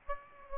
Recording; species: mosquito wingbeat signal from an infrared sensor; Aedes aegypti